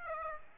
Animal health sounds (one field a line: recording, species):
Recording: mosquito wingbeat signal from an infrared sensor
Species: Aedes aegypti